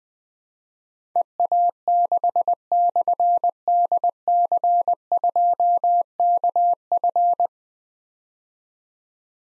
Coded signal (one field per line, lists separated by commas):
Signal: Morse code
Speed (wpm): 20 wpm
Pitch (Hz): 700 Hz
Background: none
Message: EA6/DC2KF